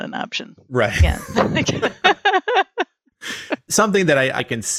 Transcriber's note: laugh